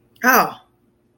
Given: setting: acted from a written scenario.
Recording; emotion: vocal sound without words; negative surprise